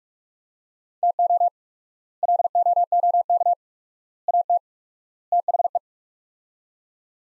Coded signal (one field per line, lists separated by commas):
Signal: Morse code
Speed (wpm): 41 wpm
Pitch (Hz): 700 Hz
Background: none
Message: TO LOOK AT THE